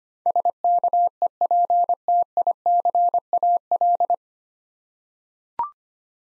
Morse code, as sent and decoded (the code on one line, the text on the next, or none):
... -.- . .--. - .. -.-. .- .-..
SKEPTICAL